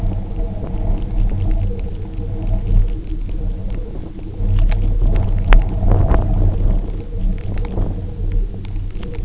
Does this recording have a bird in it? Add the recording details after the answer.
no. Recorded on Arctic tundra, site UTQI-0, on 27 June 2018. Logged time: 04:00